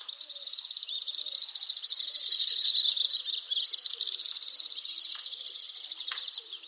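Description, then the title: Alpine swift calls, several shrill chattering trills run together, building to a loud peak in the middle and then easing off, with a few sharp clicks. "Le chant du martinet à ventre blanc"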